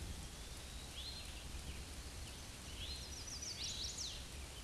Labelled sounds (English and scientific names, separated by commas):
Chestnut-sided Warbler (Setophaga pensylvanica) song